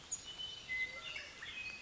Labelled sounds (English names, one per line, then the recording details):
Western Meadowlark
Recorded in Sonoma County, California